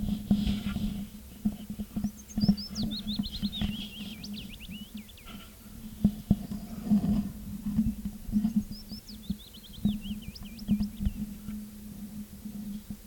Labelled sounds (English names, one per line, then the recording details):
Willow Warbler song
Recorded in the wild
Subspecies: trochilus
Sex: male
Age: adult
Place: Lausanne, Waadt, CH
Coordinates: 46.55, 6.68333
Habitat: forest
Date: 1964-05-11 10:15
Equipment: Nagra III PH, Parabolspiegelmikrophon, LGS26
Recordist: Sapper and Schneider, H.-J
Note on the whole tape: 5 km hinter Lausanne in Richtung Bern. Aufnahme mit Parabolspiegelmikrophon. Gesang